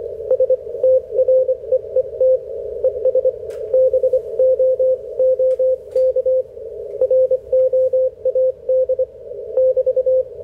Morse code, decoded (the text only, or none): STREET ES BOOK ROAD <BT>